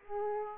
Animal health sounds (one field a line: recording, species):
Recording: mosquito wingbeat signal from an infrared sensor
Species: Aedes aegypti